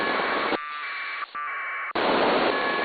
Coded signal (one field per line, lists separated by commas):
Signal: packet radio (AX.25, as in APRS)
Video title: THE BEACON NET hosted by Silvercreek Amateur Radio Assoc. 147.39+ 114.8 PL 10:00PM, 10-30-24